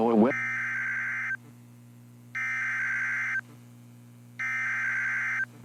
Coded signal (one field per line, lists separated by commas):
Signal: Emergency Alert System (SAME) tones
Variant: header bursts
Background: speech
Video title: All EAS Severe Thunderstorm Warnings I caught in May 2026 using weatherusa.net (EAS #61 - EAS #69)